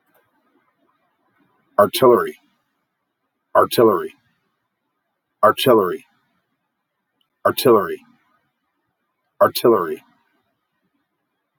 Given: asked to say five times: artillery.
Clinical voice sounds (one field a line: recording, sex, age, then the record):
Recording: repeated word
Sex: male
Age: 50 to 59 years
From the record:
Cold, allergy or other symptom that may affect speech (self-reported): no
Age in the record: 58 years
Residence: Alaska, United States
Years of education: 16